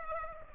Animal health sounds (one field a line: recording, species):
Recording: mosquito wingbeat signal from an infrared sensor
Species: Culex pipiens